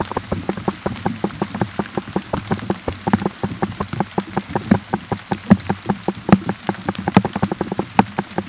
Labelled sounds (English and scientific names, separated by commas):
none